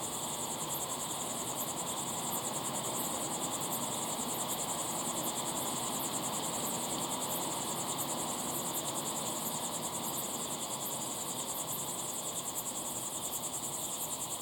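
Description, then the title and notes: Crickets chirping in a steady, dense high-pitched pulsing chorus, continuous throughout. Crickets chirping at sunset in the Timanfaya pyroclastic desert, Lanzarote; field-recorded with ambisonic equipment, converted to binaural audio with simulated slow head movements. "Be still and listen to the crickets at sunset in the incredible Timanfaya pyroclastic desert on the island of Lanzarote. Enjoy the calm desert sounds of chirping crickets"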